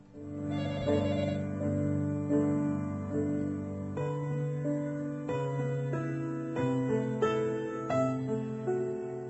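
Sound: telephone ringing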